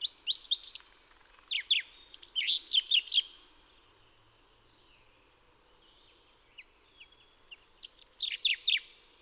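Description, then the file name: Common chaffinch song: several bursts of quick, bright, descending notes, with a long pause and a few scattered high chips before the last phrase. "Fringilla coelebs"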